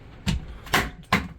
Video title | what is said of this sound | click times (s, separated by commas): How To Install A Dyson Docking Station | and just go straight in with it and it will snap into place | 1.1 s